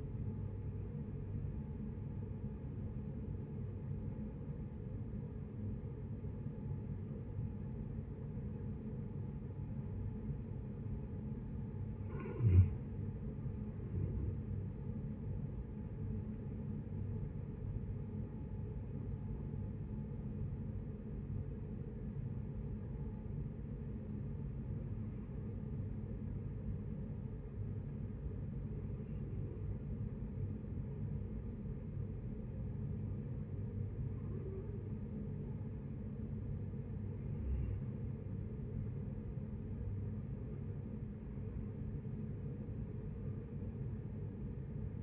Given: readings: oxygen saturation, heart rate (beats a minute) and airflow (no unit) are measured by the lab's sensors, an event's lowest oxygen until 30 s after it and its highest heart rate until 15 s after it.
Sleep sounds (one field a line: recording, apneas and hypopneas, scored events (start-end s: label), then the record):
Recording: breathing in sleep by a smartphone at the bedside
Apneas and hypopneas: 2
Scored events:
3.00-14.90 s: hypopnea (N1, oxygen 94% highest, then 89% lowest, heart rate 72 at the start, 78 highest)
28.00-39.90 s: hypopnea (N1, oxygen 94% highest, then 91% lowest, heart rate 71 at the start, 72 highest)
From the record:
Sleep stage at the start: N1 (lightest sleep)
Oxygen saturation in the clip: 89 to 94%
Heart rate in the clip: 65 to 78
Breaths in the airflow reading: 8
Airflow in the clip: -9.3 to 13.7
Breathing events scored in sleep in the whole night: 496 in 5.4 hours asleep